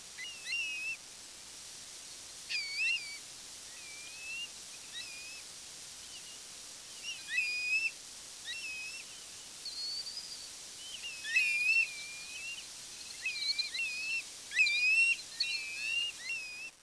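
Bird calling in short chirpy notes, irregular bursts of a few notes spaced throughout, busier near the end, over a steady background hiss.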